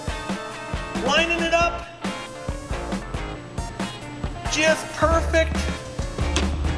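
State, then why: Seated. A wood CO2 car blank is lined up on a drill press holding fixture, and the workholding clamp is closed on it, clicking shut with a sharp, short snap at 6.4 seconds, confirming it is seated. Someone talks over music throughout.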